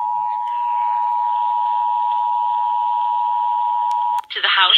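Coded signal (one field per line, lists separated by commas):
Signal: Emergency Alert System (SAME) tones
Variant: 853 and 960 Hz attention tone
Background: speech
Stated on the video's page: EAS required monthly test on WBBM 780 AM Chicago, received on a C.Crane CC Pocket radio.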